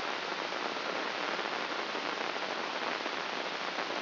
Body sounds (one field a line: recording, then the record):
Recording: brain microelectrode recording played as sound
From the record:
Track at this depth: outside the subthalamic nucleus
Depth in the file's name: 6.429 mm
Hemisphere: left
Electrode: 2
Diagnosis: Parkinson's disease